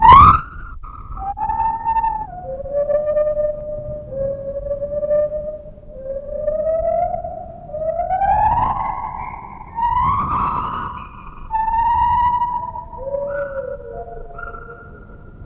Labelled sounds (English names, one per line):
Lar Gibbon